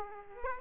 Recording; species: mosquito wingbeat signal from an infrared sensor; Aedes aegypti